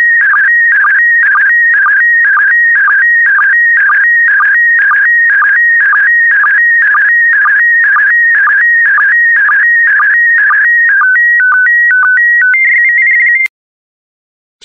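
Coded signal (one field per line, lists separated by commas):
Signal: SSTV (slow-scan television)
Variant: PD120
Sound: repeating two-pitch warbling tones with short low blips, then a brief steady tone before stopping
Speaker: complete you can now check your decoded image against the picture that is shown on the video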